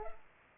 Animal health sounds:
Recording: mosquito wingbeat signal from an infrared sensor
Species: Culex pipiens

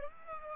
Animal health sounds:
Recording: mosquito wingbeat signal from an infrared sensor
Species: Aedes aegypti

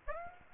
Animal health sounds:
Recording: mosquito wingbeat signal from an infrared sensor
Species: Aedes aegypti

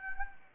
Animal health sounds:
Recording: mosquito wingbeat signal from an infrared sensor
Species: Anopheles gambiae

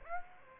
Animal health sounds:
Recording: mosquito wingbeat signal from an infrared sensor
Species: Aedes aegypti

